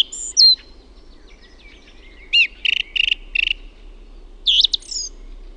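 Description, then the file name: Song thrush song: a whistled opening note, then a short phrase repeated several times in a steady run, followed by a final squeaky flourish, over a quiet background. "LAULURASTAS"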